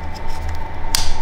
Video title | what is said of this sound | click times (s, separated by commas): BMW M50 Turbo - We mount an S54 Inlet Plenum and build a boost pipe | lovely bit of Kit that's satisfying clo satisfying click | 1.0 s